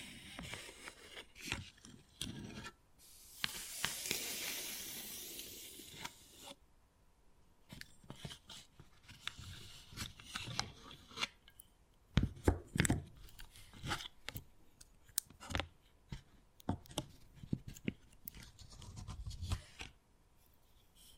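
Wood carving with irregular sharp taps and scratches throughout, a steady hissing scrape around seconds three to six, and heavier knocks near thirteen seconds.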